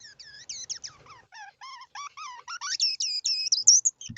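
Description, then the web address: Degu giving a rapid run of whistled, wavering chirps that climb higher and grow louder toward the end, ending with a soft click. "zvuk katerica degu"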